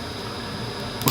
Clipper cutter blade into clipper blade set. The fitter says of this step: which I do there we go snaps right in there